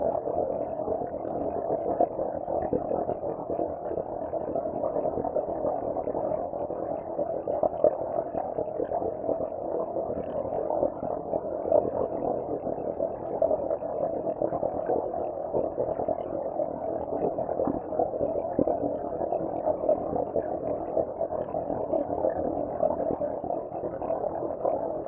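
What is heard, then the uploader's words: Underwater stream sound, a steady dense muffled rushing concentrated in the low-mids with fine crackling texture, unchanging throughout and lacking any high tones. Underwater sounds from a stream. Location: Corrie Hamelin Park, Tiny Township, Ontario, Canada. Recorded by Anton Pickard.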